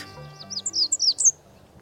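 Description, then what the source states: Mexican Sheartail giving a quick run of several very high, thin chirps. One of the world's smallest birds, under 8 cm, easily mistaken for a bumblebee; fiercely defends breeding territories.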